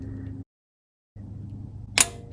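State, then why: Torque reached. A click-type torque wrench tightens a timing belt component bolt on a 1997–2008 Toyota Camry engine to 31 ft-lb. A low steady hum runs under the clip, cuts out briefly, then returns. The wrench gives one sharp, bright click at 2.0 s as it reaches the setting, followed by a much fainter tick at 2.3 s.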